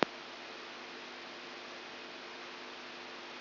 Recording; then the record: brain microelectrode recording played as sound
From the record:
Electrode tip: outside the subthalamic nucleus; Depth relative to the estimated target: -2 mm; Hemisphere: right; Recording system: AlphaMap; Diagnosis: Parkinson's disease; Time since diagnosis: 14 years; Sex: female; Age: 63 years